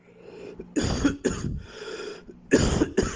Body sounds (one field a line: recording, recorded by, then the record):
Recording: voluntary cough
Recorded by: messaging app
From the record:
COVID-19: positive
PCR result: self-reported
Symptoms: no